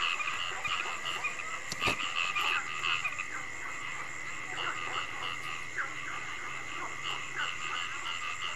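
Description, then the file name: Frogs croaking in a crowded chorus of short repeated notes, one sharp sudden click early on, constant high hum behind. Frogs calling at night. "Tieng Ech Nhai keu ban dem"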